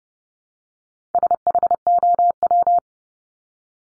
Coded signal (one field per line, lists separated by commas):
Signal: Morse code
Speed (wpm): 30 wpm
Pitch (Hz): 700 Hz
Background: none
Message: SHOW